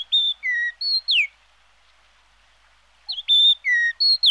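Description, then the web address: Ochre-rumped bunting, two short phrases of high whistled notes and downslurred chips separated by a pause of nearly two seconds. "emberiza yessoensis"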